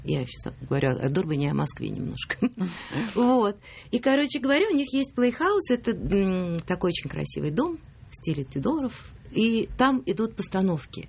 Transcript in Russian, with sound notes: Я сейчас говорю о Дурбане и о Москве немножко. (смеется) Вот. И, короче говоря, у них есть Playhouse – это такой очень красивый дом в стиле Тюдоров, и там идут постановки.